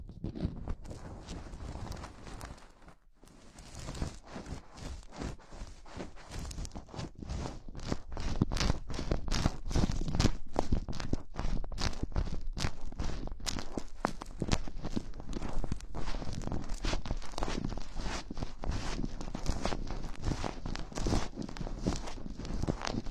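Gloves are handled and rubbed, making a dense run of quick crackling taps and rustles that fill the whole clip. A brief silence falls near the three-second mark, then the handling grows louder and busier from about eight seconds on, staying steady to the end.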